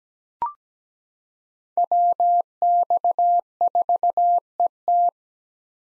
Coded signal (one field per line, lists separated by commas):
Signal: Morse code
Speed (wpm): 17 wpm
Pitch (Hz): 700 Hz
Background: none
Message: WX4ET